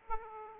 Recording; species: mosquito wingbeat signal from an infrared sensor; Aedes aegypti